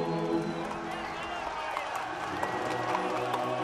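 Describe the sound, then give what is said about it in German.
A large crowd in Moscow cheers and shouts for Catherine the Great together in a steady, dense roar of many voices, with scattered louder calls rising out of the din throughout. “Als diese Jubelrufe durch Moskau schallen, fühlt sich das Volk befreit.”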